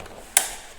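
A plastic buckle on a Kriega motorcycle luggage strap is clipped into its mount on the motorcycle. A single sharp, loud click sounds at 0.4 s over faint background noise. The buckle engages, leaving the luggage hanging from one point.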